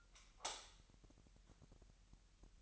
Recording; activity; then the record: daily activity, microphone in the room; light off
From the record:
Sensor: 3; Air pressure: 1001.9 hPa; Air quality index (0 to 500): 248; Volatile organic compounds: 49 ppm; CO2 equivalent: 3288 ppm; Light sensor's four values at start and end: 13/35/15/14 and 6/13/5/6